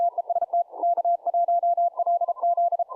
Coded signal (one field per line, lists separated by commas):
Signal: Morse code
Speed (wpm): 34 wpm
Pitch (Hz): 690 Hz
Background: none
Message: TEST K1LZ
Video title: #LIVE 37 Niedziela z radiem 18.02.2024 Zawody ARRL DX CW CONTEST 2024 Pasmo 10 metrów